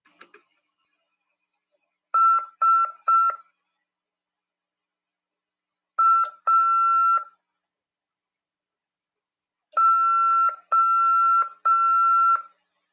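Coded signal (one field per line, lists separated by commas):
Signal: Morse code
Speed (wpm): 5 wpm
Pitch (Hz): 1350 Hz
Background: none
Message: SAO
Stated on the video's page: Amateur radio class lesson covering CW.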